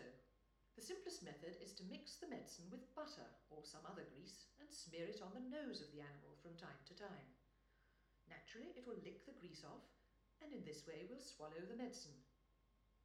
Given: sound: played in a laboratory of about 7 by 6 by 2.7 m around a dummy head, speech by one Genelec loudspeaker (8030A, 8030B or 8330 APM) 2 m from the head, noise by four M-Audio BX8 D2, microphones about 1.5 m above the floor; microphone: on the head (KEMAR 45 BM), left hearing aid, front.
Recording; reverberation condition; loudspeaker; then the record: female speech in English; medium; 90 degrees to the left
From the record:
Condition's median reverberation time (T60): about 510 ms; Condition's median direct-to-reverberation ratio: about -0.5 dB